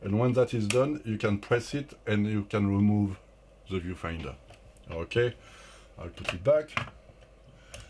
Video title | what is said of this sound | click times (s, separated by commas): Everything you need to know about the Mamiya M645 / 1OOOs / J | to push it back you just press it on and it will lock into place | 7.7 s